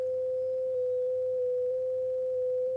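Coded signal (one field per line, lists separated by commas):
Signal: FT8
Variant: slowed to half speed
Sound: a single pure whistle near 500 Hz, shifting pitch in tiny steps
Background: low hum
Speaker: this is slowed down half speed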